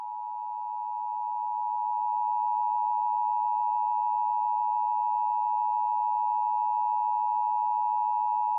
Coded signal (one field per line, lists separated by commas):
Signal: Emergency Alert System (SAME) tones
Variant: 853 and 960 Hz attention tone